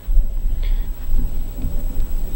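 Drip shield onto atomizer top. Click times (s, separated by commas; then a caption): 0.6 s. A drip shield is set holes-up over the top of a vape atomizer and pushed down until it snaps on. A short, bright click at 0.6 s marks the snap, over low rumbling handling noise. The drip shield is seated.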